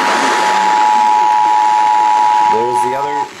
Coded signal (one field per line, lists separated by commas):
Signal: Emergency Alert System (SAME) tones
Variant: 853 and 960 Hz attention tone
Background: speech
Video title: Radio Explosions II: Pre-Christmas Blastoff! EAS Alerts from 12/21-22/22 (EAS 9392-9424)